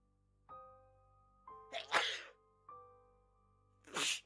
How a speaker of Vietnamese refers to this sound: Đang ngồi cầm dao vót mấy cái tam xỉa răng, Tư chợt hắt xì liền mấy cái, lau lau rụi rụi mũi, Tư liền chép miệng.